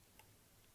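A battery door on a SMOK H-PRIV 220W mod body is pressed down and slid in until its tabs click into place. A single faint, sharp tick at 0.2 s stands out against a steady low background hum. The door is seated.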